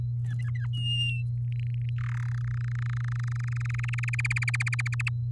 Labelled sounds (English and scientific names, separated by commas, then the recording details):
Domestic Canary (Serinus canaria) song
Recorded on 8 May 2018 at 10:31
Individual llb16